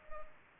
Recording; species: mosquito wingbeat signal from an infrared sensor; Culex pipiens